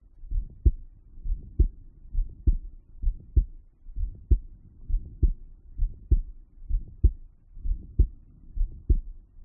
Heart murmur at tricuspid.